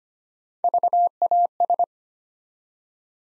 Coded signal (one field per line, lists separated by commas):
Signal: Morse code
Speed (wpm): 25 wpm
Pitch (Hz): 700 Hz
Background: none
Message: VAS